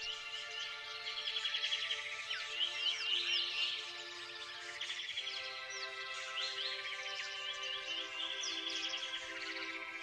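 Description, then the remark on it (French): A lively chorus of birds chirps and trills nonstop for about ten seconds, bright overlapping high-pitched calls layered over a steady, soft tonal hum underneath. “Écoutez plutôt le son des oiseaux.”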